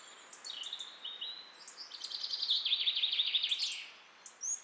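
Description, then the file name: European robin, thin high phrases then a fast, even trill of repeated notes, over a steady background hiss. "Erithacus rubecula"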